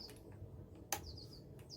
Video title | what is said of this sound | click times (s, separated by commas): Singer 319w Final Test and How-To | make sure that it clicks into place so it's in securely | 0.9 s